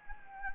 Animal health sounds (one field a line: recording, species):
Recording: mosquito wingbeat signal from an infrared sensor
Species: Anopheles gambiae